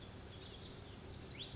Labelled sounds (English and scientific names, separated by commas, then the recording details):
Cassin's Vireo (Vireo cassinii)
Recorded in Sonoma County, California